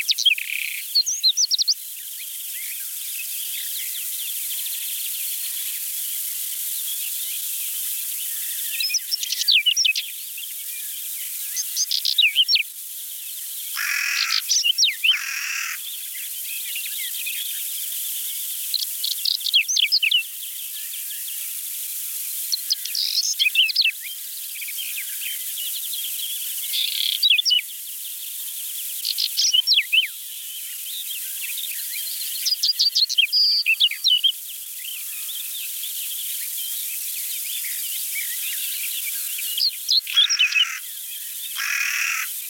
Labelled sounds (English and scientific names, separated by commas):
Whinchat (Saxicola rubetra) song